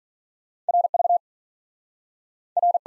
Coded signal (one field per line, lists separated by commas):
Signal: Morse code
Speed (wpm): 48 wpm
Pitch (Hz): 700 Hz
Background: none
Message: R V R